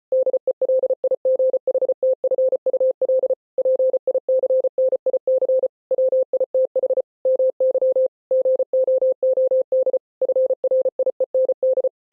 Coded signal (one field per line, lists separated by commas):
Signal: Morse code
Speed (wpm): 33 wpm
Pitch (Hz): 520 Hz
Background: none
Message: DELIGHTFUL PICNIC WITH MY GOOD FRIEND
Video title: Mr. Hippo Speech but ITS IN MORSE CODE! [Flashing lights warning!]